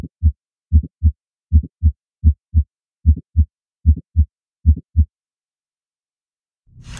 This mid-systolic click can happen anywhere during this systolic phase.